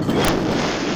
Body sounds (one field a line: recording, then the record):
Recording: coughing mixed with background sound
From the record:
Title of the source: Spring Allergy Coughing